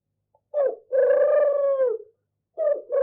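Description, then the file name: Turtle dove calling: a short introductory note then a sustained low purr, with the next call beginning just as the sound cuts off. "Animal Turtle-Dove"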